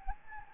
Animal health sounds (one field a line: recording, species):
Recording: mosquito wingbeat signal from an infrared sensor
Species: Anopheles gambiae